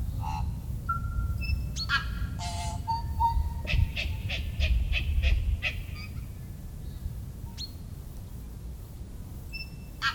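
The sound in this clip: Tui song: a mix of quick clicks, rasping notes and short pure whistles, a run of rapid ticking in the middle, with low rumbling background.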